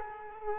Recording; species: mosquito wingbeat signal from an infrared sensor; Culex quinquefasciatus